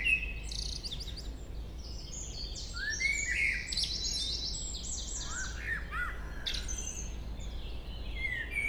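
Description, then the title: Common blackbird delivering warbled whistles and squeaky twitters in several phrases. Local blackbird singing at Chemin des cris, Chindrieux, France. "Chemin des cris, Chindrieux, France - Merle"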